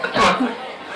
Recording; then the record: coughing mixed with background sound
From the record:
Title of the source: Barking cough - # 10